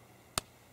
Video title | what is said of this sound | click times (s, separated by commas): Installing a Drip Irrigation System for Raised Beds | that and you pop it in you'll hear you should hear a pop like | 0.4 s